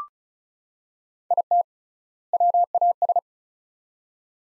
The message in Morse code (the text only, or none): IT WAS